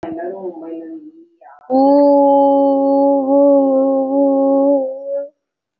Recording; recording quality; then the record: sustained vowel as in boot; moderate, slight background noise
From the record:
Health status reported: COVID-19 positive, no symptoms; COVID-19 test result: positive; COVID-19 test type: RT-PCR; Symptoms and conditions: cough, cold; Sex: female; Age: 24 years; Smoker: no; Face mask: worn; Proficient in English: yes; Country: India